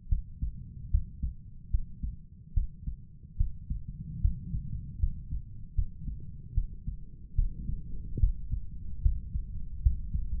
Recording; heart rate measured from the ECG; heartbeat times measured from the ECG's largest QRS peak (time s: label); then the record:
heart sounds by stethoscope; 74 bpm
0.08 s: heartbeat
0.90 s: heartbeat
1.70 s: heartbeat
2.53 s: heartbeat
3.37 s: heartbeat
4.21 s: heartbeat
4.99 s: heartbeat
5.74 s: heartbeat
6.54 s: heartbeat
7.35 s: heartbeat
8.19 s: heartbeat
9.02 s: heartbeat
9.82 s: heartbeat
From the record:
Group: healthy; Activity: rest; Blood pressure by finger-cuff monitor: 120/75 mmHg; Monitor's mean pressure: 92 mmHg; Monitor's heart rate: 73 bpm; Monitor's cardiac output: 5.7 L/min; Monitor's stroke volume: 78 mL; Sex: male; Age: 35 years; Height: 178 cm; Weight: 64 kg